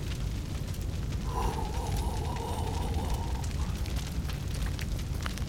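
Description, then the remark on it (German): A fire roars steadily with a deep rumble and scattered crackles throughout. Partway through, a thin, wavering whistle-like hiss rises above the flames for a couple of seconds, then fades. “Wie das brennt.”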